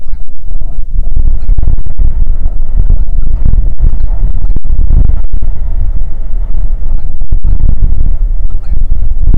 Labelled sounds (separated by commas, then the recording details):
grouse or ptarmigan, wind
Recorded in the Prudhoe Bay oil fields, Alaska, on 6 June 2019 at 03:44
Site 16